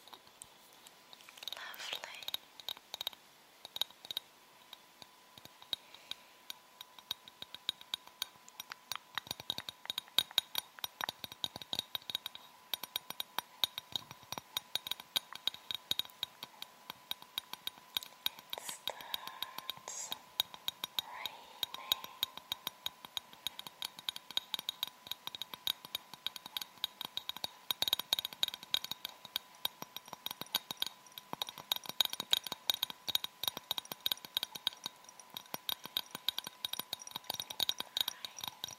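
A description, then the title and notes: Dense, irregular tapping, touching and scratching on a mic runs throughout, with sharp clicky hits, brief scrapes near 2 and 19–21 seconds, and a faint steady tone. Binaural Triggers. Mic Tapping + Touching + Scratching.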